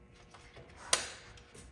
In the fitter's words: Make sure you hear the click when you do pop in.